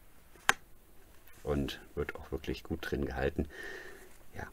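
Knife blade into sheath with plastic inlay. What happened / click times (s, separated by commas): The blade snapped into its sheath / 0.5 s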